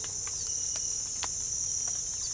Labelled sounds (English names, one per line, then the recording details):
none
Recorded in pastures near Puerto Asís, Putumayo, Colombia, on 22 December 2024 at 06:00
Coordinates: 0.487, -76.322
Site GP09